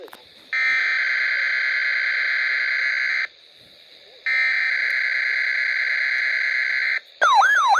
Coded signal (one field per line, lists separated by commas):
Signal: Emergency Alert System (SAME) tones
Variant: header bursts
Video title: backlog cleanup | (EAS #1430 - 1477)